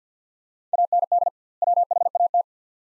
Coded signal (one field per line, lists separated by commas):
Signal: Morse code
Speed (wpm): 50 wpm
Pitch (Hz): 700 Hz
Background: none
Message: AND WHAT